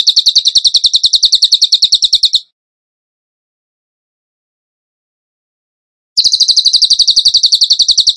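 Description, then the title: Bird delivering a quick rattling series of shrill notes, falling silent for several seconds, then launching into the same rapid high trill again. Masteran (training song for songbirds), tembakan gacor song style. "Masteran Burung Tembakan Gacor"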